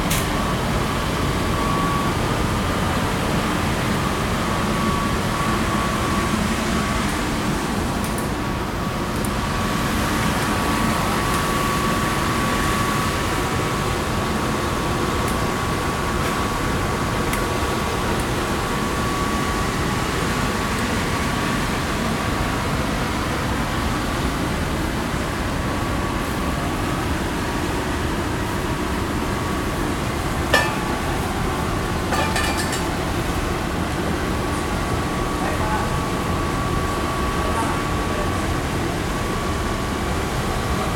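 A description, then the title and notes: Street sound from Kabuki-cho and Golden-Gai in Shinjuku, Tokyo: a dense, steady rumble of traffic and crowd murmur with a faint steady tone running through it. Brief sharper sounds stand out near 8–9 seconds and again around 30–33 seconds. Field-recorded at Kabuki-cho and Golden-Gai street in Shinjuku, Tokyo.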